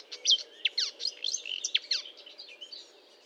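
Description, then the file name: Marsh warbler singing a rapid, scratchy medley of slurred notes and buzzy chirps, tumbling on without a break and fading toward the end. Recorded 1 June 2022 at 10:55, Fontaine-Française (Fourneau), France; Nagra recorder with Telinga. "Rousserolle verderolle 1055 Fontaine-Francaise-Fourneau"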